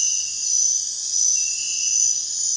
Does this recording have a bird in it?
no